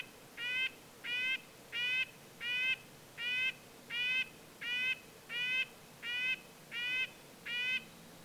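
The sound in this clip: Red-breasted nuthatch repeating short, tinny, horn-like notes very regularly, eleven in a row at about one every 0.7 seconds.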